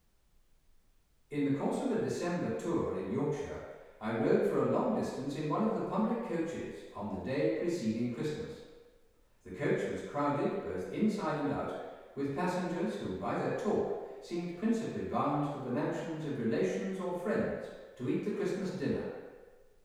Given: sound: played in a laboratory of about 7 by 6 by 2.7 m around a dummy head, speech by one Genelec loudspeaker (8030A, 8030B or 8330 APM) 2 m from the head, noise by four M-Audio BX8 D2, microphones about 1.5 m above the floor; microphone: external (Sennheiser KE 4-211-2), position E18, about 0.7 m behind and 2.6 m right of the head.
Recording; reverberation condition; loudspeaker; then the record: male speech in English; high; 30 degrees to the left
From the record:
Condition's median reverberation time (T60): about 1300 ms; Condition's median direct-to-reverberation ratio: about -4.0 dB